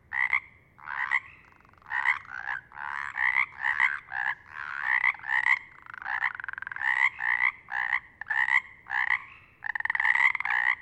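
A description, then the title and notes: A small group of Pacific chorus frogs calls from the edge of a tiny pond, their two-part ribbit croaks overlapping in a busy, near-continuous chorus. The calls are mid-pitched and raspy, repeating every half second or so, over a faint low rumble. Pacific Chorus Frogs. This small small pod of chorus frogs from the Ozette area of the Olympic National Park occupied the edges of a tiny transient pond no more than 10 feet/ 3 meters across. Their sporadic choruses would last no more than a minute at intervals of 10 minutes to an hour apart!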